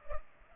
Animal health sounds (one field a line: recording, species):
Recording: mosquito wingbeat signal from an infrared sensor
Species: Culex pipiens